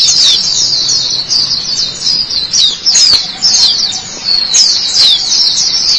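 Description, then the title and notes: White-eye singing a dense, high, tinkling warble of fast chirps running almost without pause, with a few soft clicks. "Suara kicauan burung pleci"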